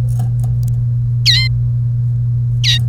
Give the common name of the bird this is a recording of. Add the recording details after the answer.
Domestic Canary. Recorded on 1 May 2018 at 10:15. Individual llb3